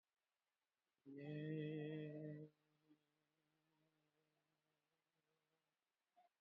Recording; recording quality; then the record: sustained vowel as in made; moderate, slight background noise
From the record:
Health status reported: COVID-19 positive, mild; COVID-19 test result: positive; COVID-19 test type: RT-PCR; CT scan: not taken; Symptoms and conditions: cough, cold, fever, muscle pain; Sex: male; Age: 62 years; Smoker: no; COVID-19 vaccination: both doses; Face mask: worn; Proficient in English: yes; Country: India